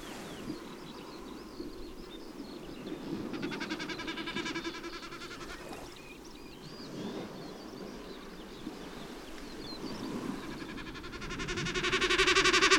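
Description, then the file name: Snipe drumming, fast throbbing bleats, the last burst swelling loudly at the end, over steady low rumble and faint bird whistles. "becassines"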